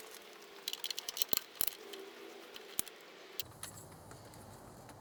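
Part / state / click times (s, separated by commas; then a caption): click-type torque wrench on intake manifold bolt / not seated / none. A low-setting click-type torque wrench tightens the upper intake manifold bolts of a new Dorman 615-180 upper intake manifold into the aluminum lower intake on a 1995 Oldsmobile 88 3.8L (3800). Ratcheting and metallic handling rattles come in bursts around 0.7–1.7 s, with sharper taps near 2.8 s and 3.4 s, then a low steady rumble continues to the end. The wrench has not clicked yet.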